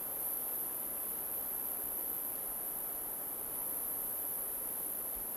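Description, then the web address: Crickets keep up a constant piercing high-pitched drone, barely changing in loudness, above gentle wind-like noise. Crickets in an alpine forest. "Sonniss - GDC 2018-Game Audio Bundle Soundrangers - Nature Ambience forest alpine crickets"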